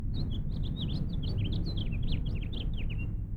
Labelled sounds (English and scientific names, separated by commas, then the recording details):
House Finch (Haemorhous mexicanus) song
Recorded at Woodmere on Long Island, New York, on 11 June 1975
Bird E